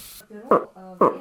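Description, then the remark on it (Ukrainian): A moose call instrument, used to lure moose, imitates a rutting bull moose calling a female with two loud, low, groaning blasts about half a second apart, their rough harmonic tone sustained between them, after a brief breathy hiss. “Это в период гона, когда гон у лося идет размножение, вот он так самку зовет.”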